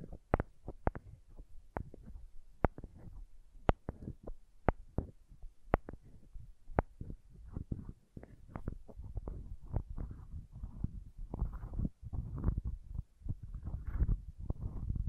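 Crayons tap and scrape in quick, irregular strokes, sharp clicks punctuating the first seven seconds before softer, denser rubbing and scratching takes over.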